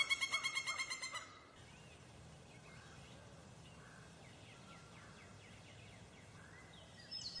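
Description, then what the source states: Pileated woodpecker call: a quick run of loud repeated notes lasting about a second, followed by faint chirps from other birds. Calling among other birds.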